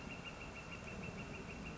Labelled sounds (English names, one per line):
Northern Flicker